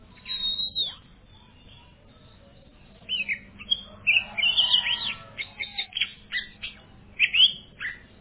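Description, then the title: Oriental magpie-robin singing: a couple of early notes, a quiet gap, then a lively stream of sharp whistles and chattering notes for the last five seconds. "Kacer"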